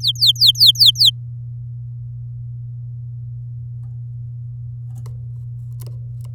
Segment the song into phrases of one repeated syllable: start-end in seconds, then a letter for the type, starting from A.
0.00-1.10 A